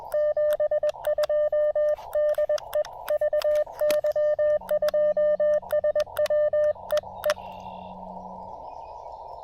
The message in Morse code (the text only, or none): 72 DE VY2SW EE